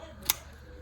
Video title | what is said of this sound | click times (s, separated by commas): 🤯 Lets Talk About EDC EP: 67-TOP 5 EDC Carry Items #3 (Knife) Gerber Zilch #SKo_o #letstalkaboutedc | It's got a nice little click when it gets to the top. | 0.3 s